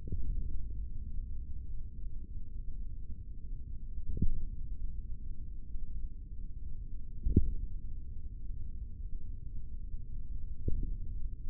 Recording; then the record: forearm muscle sounds (acoustic myography)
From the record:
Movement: tripod grip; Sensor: system 3, bracelet of six PUI Audio POM-2738L microphones around the upper forearm, with dedicated amplification and filtering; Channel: 2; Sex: male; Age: 25 years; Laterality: right